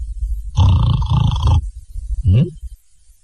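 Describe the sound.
A male storyteller's voice imitates a person snoring loudly: one long, rattling, throaty snore lasting about a second, a short pause, then a quick rising snort. No words are spoken.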